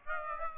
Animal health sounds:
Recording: mosquito wingbeat signal from an infrared sensor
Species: Aedes aegypti

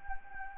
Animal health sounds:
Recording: mosquito wingbeat signal from an infrared sensor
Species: Anopheles gambiae

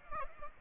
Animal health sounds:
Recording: mosquito wingbeat signal from an infrared sensor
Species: Aedes aegypti

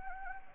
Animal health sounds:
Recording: mosquito wingbeat signal from an infrared sensor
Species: Anopheles gambiae

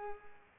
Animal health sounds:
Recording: mosquito wingbeat signal from an infrared sensor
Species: Culex pipiens

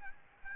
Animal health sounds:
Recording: mosquito wingbeat signal from an infrared sensor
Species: Aedes albopictus

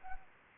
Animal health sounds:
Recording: mosquito wingbeat signal from an infrared sensor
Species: Anopheles arabiensis

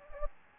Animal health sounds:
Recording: mosquito wingbeat signal from an infrared sensor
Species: Anopheles gambiae

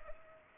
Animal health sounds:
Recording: mosquito wingbeat signal from an infrared sensor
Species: Culex pipiens

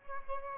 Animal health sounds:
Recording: mosquito wingbeat signal from an infrared sensor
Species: Aedes albopictus

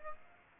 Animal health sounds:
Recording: mosquito wingbeat signal from an infrared sensor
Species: Aedes aegypti

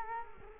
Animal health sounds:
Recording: mosquito wingbeat signal from an infrared sensor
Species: Culex quinquefasciatus

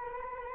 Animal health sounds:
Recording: mosquito wingbeat signal from an infrared sensor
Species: Anopheles arabiensis

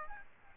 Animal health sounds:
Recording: mosquito wingbeat signal from an infrared sensor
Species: Aedes aegypti

